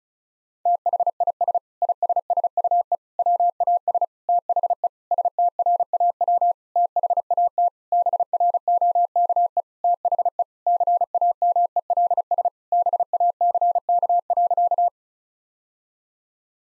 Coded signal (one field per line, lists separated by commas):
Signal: Morse code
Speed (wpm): 34 wpm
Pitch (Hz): 700 Hz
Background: none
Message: THIS ISSUE WAS THE STRAW THAT BROKE THE CAMELS BACK.